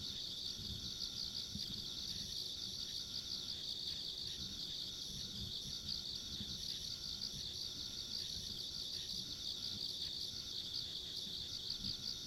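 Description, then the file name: Steady chorus of insects, rapid high chirps merging into a shimmering band, with gentle low-pitched background noise. Ambient insect sounds along a rural country road. "田舎道の虫の環境音"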